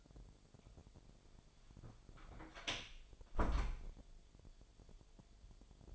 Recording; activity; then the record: daily activity, microphone in the room; close door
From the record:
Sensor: 5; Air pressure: 1007.6 hPa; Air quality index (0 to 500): 151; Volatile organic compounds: 3 ppm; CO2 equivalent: 1449 ppm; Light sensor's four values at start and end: 57/161/62/62 and 57/163/63/63